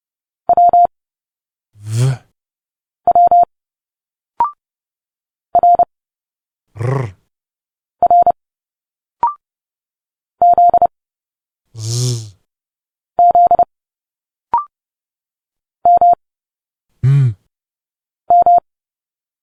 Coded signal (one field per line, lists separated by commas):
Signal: Morse code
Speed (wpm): 30 wpm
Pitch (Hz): 700 Hz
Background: none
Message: W W R R Z Z M M